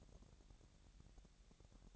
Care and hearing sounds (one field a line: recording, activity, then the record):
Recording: daily activity, microphone in the room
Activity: take from stove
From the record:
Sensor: 3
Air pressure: 1012.0 hPa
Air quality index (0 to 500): 205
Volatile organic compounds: 3 ppm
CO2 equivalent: 1531 ppm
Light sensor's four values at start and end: 109/257/105/93 and 109/257/105/93